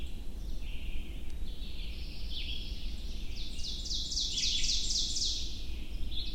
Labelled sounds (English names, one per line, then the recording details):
Ovenbird song
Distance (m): 30 m
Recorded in boreal forest in Alberta, Canada, on 22 June 2016 at 05:40
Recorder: SongMeter 3, array SBT-6-76
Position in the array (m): 150 m, 110 m
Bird 3